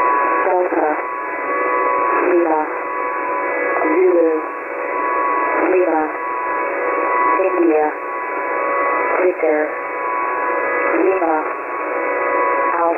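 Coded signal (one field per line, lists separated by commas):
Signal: coded military voice message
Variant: HFGCS Emergency Action Message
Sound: steady male voice over narrow-band radio reading a long string of coded characters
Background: radio static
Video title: HFGCS EAM 231223 16:16 UTC [92 CHARACTER MESSAGE]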